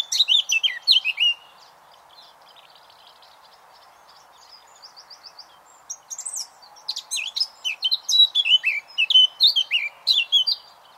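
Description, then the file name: Eurasian blackcap song: clear whistled flourish, soft scratchy twittering, then a long loud fluting warble. "Sylvia atricapilla"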